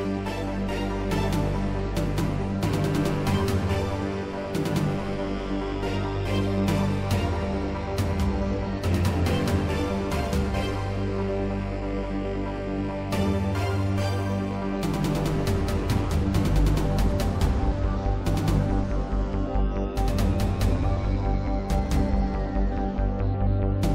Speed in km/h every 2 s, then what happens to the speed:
118, 118, 119, 118, 116, 118, 122, 126, 130, 134, 135, 135.
0-11 steady at about 118. 11-19 speeds up to 135.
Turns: none.